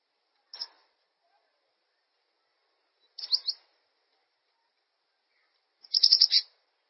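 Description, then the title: Bird song: a faint high chirp, then a short phrase of high notes, and finally a louder, dense half-second trill of rapid high chirps. "LuckyPassaro"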